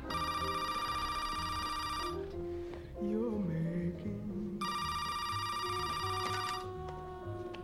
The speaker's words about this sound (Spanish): Pues mi teléfono sonó, lo contesté y colgaron.